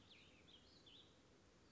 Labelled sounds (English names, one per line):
Cassin's Vireo